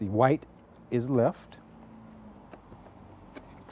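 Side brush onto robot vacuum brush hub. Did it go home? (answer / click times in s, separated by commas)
yes / 3.4 s, 3.7 s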